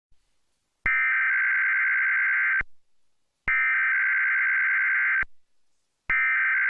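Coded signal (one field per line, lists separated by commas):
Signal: Emergency Alert System (SAME) tones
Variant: header bursts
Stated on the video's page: Required monthly EAS test aired on a TV station.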